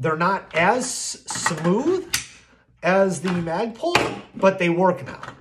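A filed-down magazine is handled at a rifle's magazine well while someone talks. Nothing has seated or clicked yet; the clip ends just before the magazine goes home.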